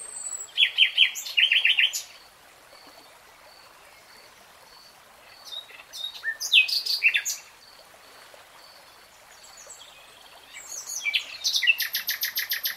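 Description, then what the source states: Nightingale song in three bursts separated by pauses, mixing rapid repeated notes, clicks and brief high whistles, the last phrase a fast even trill. Nightingale singing in real time.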